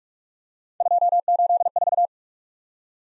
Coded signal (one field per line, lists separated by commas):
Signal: Morse code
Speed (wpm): 39 wpm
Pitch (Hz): 700 Hz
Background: none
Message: 284